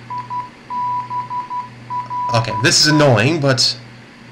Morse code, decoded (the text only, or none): IBRE